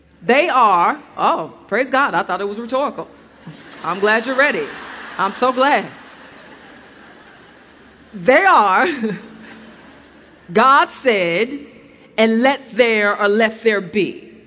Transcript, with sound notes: They are—oh praise God. I thought it was rhetorical. I’m glad you’re ready. (laughter.) I’m so glad. They are: “God said,” and “Let there,” or “Let there be.”